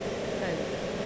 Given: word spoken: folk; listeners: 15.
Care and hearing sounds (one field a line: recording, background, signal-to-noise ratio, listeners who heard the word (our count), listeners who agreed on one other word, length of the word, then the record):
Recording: one English word in noise, from a listening test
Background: speech-shaped noise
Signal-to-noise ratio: -7.0 dB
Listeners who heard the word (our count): 0 of 15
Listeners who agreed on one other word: 6 of 15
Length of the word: 0.66 s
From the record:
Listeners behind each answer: 6, 4, 1, 1, 1, 1, 1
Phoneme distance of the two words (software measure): 20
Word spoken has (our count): 1 syllable, 3 phonemes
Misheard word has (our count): 1 syllable, 3 phonemes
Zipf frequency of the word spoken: 4.24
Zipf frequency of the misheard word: 4.41